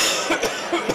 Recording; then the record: coughing mixed with background sound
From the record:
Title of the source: Dry Afternoon Cough